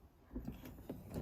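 After all four latches are undone, a hinged acrylic campervan window is pushed outward so its stay arm can move toward its first open position in the window frame. Low, soft handling rumbles are heard, with two brief light ticks at about 0.6 s and 0.9 s. The clip ends before the stay arm clicks into its detent, so nothing has seated or clicked yet.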